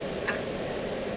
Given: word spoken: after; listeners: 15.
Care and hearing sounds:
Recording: one English word in noise, from a listening test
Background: speech-shaped noise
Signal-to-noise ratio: -6.6 dB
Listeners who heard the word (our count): 0 of 15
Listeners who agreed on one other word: 15 of 15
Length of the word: 0.77 s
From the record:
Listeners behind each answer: 15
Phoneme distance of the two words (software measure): 10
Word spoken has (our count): 2 syllables, 4 phonemes, stress on syllable 1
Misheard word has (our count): 2 syllables, 4 phonemes, stress on syllable 1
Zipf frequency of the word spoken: 5.94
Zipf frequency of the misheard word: 4.54

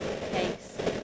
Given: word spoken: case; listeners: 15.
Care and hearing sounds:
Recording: one English word in noise, from a listening test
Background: noise modulated by three-talker babble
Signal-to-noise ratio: -4.2 dB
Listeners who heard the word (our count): 6 of 15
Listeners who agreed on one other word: 6 of 15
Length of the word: 0.64 s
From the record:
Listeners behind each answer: 6, 6, 1, 1, 1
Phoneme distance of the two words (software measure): 17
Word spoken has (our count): 1 syllable, 3 phonemes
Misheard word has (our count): 1 syllable, 4 phonemes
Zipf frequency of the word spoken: 5.43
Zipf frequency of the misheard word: 4.95

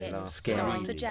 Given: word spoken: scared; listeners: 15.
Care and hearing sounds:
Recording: one English word in noise, from a listening test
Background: four-talker babble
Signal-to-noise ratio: -1.3 dB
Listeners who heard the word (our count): 2 of 15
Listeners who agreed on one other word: 7 of 15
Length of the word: 0.71 s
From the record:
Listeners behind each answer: 7, 2, 1, 1, 1, 1, 1, 1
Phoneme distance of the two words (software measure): 17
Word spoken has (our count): 1 syllable, 4 phonemes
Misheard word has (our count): 2 syllables, 5 phonemes, stress on syllable 1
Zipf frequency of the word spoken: 4.81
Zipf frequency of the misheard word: 4.59

